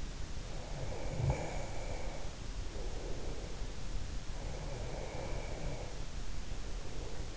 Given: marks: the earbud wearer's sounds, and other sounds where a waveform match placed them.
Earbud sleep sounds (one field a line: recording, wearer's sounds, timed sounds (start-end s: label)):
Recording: sounds in sleep by an in-ear microphone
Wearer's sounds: snoring breath, breath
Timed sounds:
0.49-3.72 s: snoring breath
4.44-7.37 s: breath